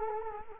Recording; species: mosquito wingbeat signal from an infrared sensor; Culex quinquefasciatus